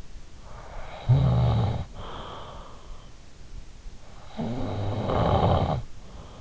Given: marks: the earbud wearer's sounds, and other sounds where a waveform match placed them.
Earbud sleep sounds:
sounds in sleep by an in-ear microphone; snoring breath
0.64-3.15 s: snoring breath
4.01-6.41 s: snoring breath

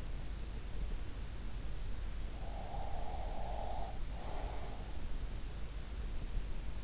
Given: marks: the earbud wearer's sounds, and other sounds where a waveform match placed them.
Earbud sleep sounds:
sounds in sleep by an in-ear microphone; breath
2.31-5.20 s: breath

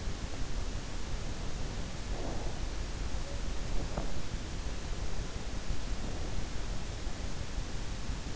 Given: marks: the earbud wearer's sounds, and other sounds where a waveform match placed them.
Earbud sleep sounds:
sounds in sleep by an in-ear microphone; breath
1.75-2.86 s: breath

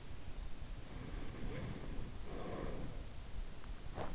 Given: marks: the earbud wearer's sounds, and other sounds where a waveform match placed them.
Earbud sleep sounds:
sounds in sleep by an in-ear microphone; breath
0.85-3.21 s: breath

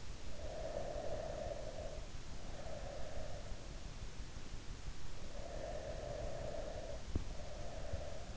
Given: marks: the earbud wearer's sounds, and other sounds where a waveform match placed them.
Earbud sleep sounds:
sounds in sleep by an in-ear microphone; breath
0.00-3.77 s: breath
5.13-8.37 s: breath

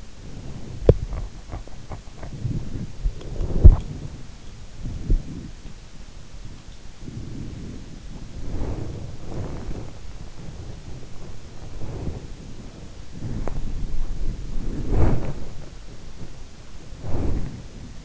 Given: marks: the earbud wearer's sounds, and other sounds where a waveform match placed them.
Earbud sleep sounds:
sounds in sleep by an in-ear microphone; body movement
0.00-18.05 s: body movement

